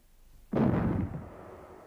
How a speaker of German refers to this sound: Zwei kleine Kanonen schossen harmlos wie ein Spielzeug zum blauen Himmel an.